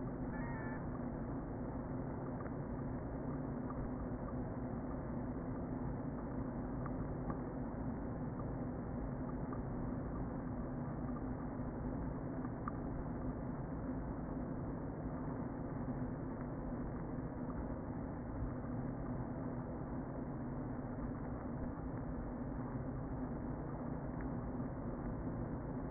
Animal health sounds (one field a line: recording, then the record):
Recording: honeybee colony, microphone inside the hive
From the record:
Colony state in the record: queen present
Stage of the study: before two queens were removed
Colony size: about 60,000 bees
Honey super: yes